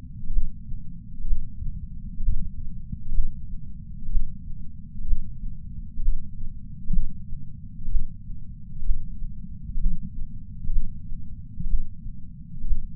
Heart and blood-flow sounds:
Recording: heart sounds by patch sensor on the chest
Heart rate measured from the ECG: 63 bpm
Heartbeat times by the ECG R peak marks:
0.32 s: heartbeat
1.27 s: heartbeat
2.22 s: heartbeat
3.14 s: heartbeat
4.11 s: heartbeat
5.07 s: heartbeat
6.02 s: heartbeat
6.92 s: heartbeat
7.90 s: heartbeat
8.85 s: heartbeat
9.80 s: heartbeat
10.72 s: heartbeat
11.69 s: heartbeat
12.67 s: heartbeat
From the record:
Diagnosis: coronary artery disease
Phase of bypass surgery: preoperative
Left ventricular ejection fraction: 60.1%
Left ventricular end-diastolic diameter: 44 mm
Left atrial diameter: 36 mm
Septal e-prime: 5.8 cm/s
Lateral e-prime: 7 cm/s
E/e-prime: 8.9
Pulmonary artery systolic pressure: 24 mmHg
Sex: male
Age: 73 years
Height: 168 cm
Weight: 62 kg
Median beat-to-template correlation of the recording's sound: 0.94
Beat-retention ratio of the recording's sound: 0.98

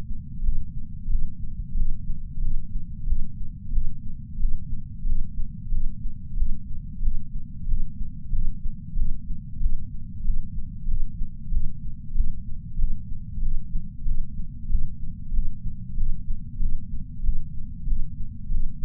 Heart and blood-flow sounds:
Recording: heart sounds by patch sensor on the chest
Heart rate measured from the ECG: 93 bpm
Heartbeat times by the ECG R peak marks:
0.44 s: heartbeat
1.10 s: heartbeat
1.77 s: heartbeat
2.42 s: heartbeat
3.07 s: heartbeat
3.73 s: heartbeat
4.40 s: heartbeat
5.06 s: heartbeat
5.72 s: heartbeat
6.37 s: heartbeat
7.03 s: heartbeat
7.68 s: heartbeat
8.33 s: heartbeat
8.97 s: heartbeat
9.61 s: heartbeat
10.25 s: heartbeat
10.88 s: heartbeat
11.52 s: heartbeat
12.15 s: heartbeat
12.79 s: heartbeat
13.43 s: heartbeat
14.06 s: heartbeat
14.70 s: heartbeat
15.34 s: heartbeat
15.98 s: heartbeat
16.60 s: heartbeat
17.24 s: heartbeat
17.87 s: heartbeat
18.51 s: heartbeat
From the record:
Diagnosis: coronary artery disease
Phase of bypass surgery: preoperative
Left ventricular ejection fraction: 64.4%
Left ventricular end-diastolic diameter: 43 mm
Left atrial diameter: 35 mm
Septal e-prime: 6.9 cm/s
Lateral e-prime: 11.4 cm/s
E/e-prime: 9.7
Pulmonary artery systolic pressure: 22 mmHg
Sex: female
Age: 58 years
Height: 155 cm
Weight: 55 kg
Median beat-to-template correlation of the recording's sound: 0.95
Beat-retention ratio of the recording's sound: 0.99

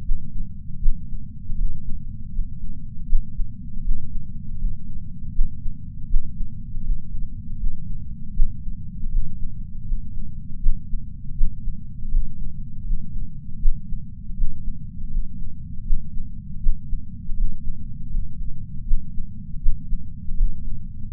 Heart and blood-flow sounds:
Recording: heart sounds by patch sensor on the chest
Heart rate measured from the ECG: 80 bpm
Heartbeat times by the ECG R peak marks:
0.03 s: heartbeat
0.80 s: heartbeat
1.56 s: heartbeat
2.31 s: heartbeat
3.07 s: heartbeat
3.83 s: heartbeat
4.57 s: heartbeat
5.33 s: heartbeat
6.08 s: heartbeat
6.82 s: heartbeat
7.57 s: heartbeat
8.34 s: heartbeat
9.10 s: heartbeat
9.84 s: heartbeat
10.60 s: heartbeat
11.35 s: heartbeat
12.10 s: heartbeat
12.84 s: heartbeat
13.60 s: heartbeat
14.35 s: heartbeat
15.09 s: heartbeat
15.84 s: heartbeat
16.60 s: heartbeat
17.35 s: heartbeat
18.09 s: heartbeat
18.85 s: heartbeat
19.60 s: heartbeat
20.35 s: heartbeat
21.10 s: heartbeat
From the record:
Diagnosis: coronary artery disease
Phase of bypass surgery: postoperative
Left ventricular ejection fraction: 54.4%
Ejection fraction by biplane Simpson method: 44%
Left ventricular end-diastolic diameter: 43 mm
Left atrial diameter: 34 mm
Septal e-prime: 5 cm/s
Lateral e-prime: 5.3 cm/s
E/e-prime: 15.7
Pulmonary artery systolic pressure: 21 mmHg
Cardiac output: 4.9 L/min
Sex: female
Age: 70 years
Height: 152 cm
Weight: 65 kg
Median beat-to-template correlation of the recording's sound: 0.82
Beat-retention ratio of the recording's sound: 0.98

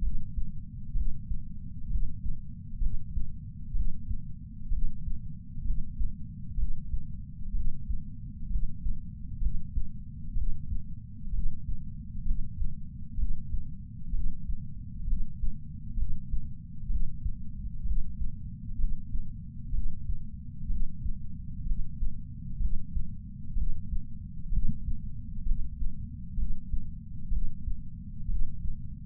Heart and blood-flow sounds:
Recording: heart sounds by patch sensor on the chest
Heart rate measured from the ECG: 64 bpm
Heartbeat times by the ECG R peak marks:
0.00 s: heartbeat
0.93 s: heartbeat
1.88 s: heartbeat
2.79 s: heartbeat
3.73 s: heartbeat
4.69 s: heartbeat
5.63 s: heartbeat
6.56 s: heartbeat
7.52 s: heartbeat
8.48 s: heartbeat
9.39 s: heartbeat
10.34 s: heartbeat
11.31 s: heartbeat
12.24 s: heartbeat
13.16 s: heartbeat
14.11 s: heartbeat
15.05 s: heartbeat
15.95 s: heartbeat
16.88 s: heartbeat
17.83 s: heartbeat
18.77 s: heartbeat
19.71 s: heartbeat
20.67 s: heartbeat
21.64 s: heartbeat
22.58 s: heartbeat
23.54 s: heartbeat
24.50 s: heartbeat
25.44 s: heartbeat
26.35 s: heartbeat
27.29 s: heartbeat
28.27 s: heartbeat
From the record:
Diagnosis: coronary artery disease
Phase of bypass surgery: preoperative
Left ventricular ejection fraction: 47%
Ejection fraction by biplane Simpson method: 47.3%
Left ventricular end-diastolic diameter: 51 mm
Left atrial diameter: 32 mm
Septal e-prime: 4.7 cm/s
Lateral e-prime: 7 cm/s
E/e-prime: 9.1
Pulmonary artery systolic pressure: 21 mmHg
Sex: male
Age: 60 years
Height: 174 cm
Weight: 72 kg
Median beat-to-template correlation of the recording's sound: 0.91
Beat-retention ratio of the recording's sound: 0.98

